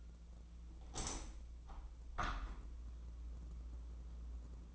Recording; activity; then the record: daily activity, microphone in the room; open window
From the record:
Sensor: 1